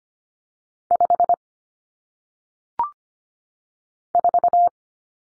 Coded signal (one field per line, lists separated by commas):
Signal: Morse code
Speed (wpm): 25 wpm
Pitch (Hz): 700 Hz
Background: none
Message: 5 4